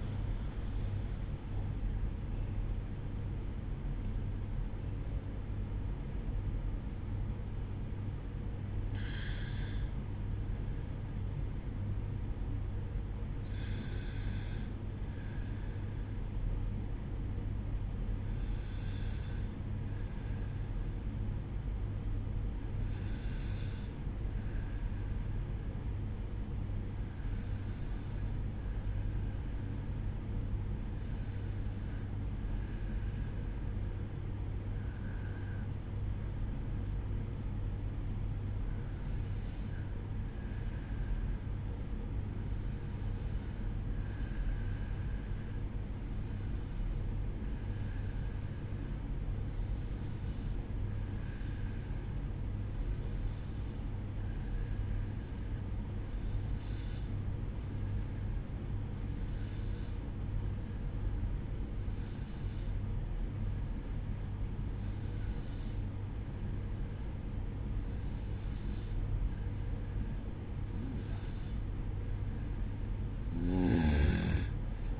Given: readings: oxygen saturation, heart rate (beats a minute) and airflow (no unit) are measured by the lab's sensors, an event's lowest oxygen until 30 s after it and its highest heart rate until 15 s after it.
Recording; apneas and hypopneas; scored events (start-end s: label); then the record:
breathing in sleep by a smartphone at the bedside; 1
23.00-75.00 s: new sleep stage, N2 (light sleep)
24.00-70.70 s: hypopnea (N2, oxygen 96% highest, then 92% lowest, heart rate 57 at the start, 64 highest)
From the record:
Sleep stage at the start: N1 (lightest sleep); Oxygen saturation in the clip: 92 to 96%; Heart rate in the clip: 57 to 71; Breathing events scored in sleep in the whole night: 305 in 9.6 hours asleep